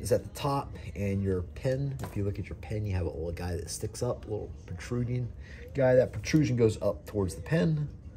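Someone talks while handling a crimped metal terminal, its locking tab facing up, to push it into the plastic housing of a GM/Holley 24X cam, 58X crank sensor connector. Only speech is heard, and the terminal has not seated or clicked into the housing yet.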